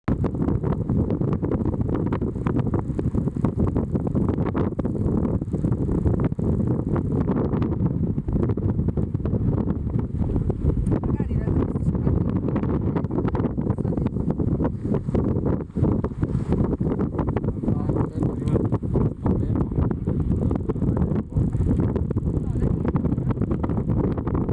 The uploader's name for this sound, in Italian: Vento sulle dune a Merzouga